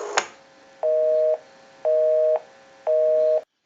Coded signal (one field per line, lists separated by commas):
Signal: telephone call progress tone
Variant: North America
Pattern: busy tone